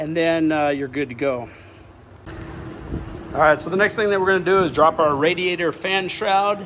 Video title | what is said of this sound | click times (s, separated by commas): How to Change Out the Air Conditioning Compressor on a Ford F250, F350, F450, F550. | ahead and put your electrical connector together make sure it locks in place you'll hear a click and | 2.4 s